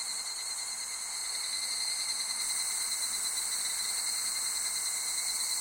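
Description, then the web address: Insects in a dense high chorus, a fine rapid pulsing voice entering partway and continuing over the steady drone. Summer ambience of insects recorded in Japan. "Sound Effects-Foundation 1 AMBIENCE JAPANESE SUMMER INSECTS"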